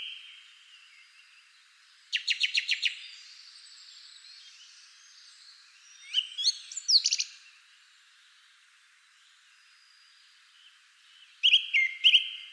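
Bird sounds: a fast trill, then scattered sharp chirps, a long quiet gap, and a final cluster of high repeated notes.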